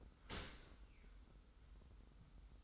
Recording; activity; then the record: daily activity, microphone in the room; open dishwasher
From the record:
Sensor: 3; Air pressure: 990.4 hPa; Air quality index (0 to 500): 194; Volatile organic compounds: 1000 ppm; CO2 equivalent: 6353 ppm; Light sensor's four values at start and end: 38/89/36/34 and 38/89/36/34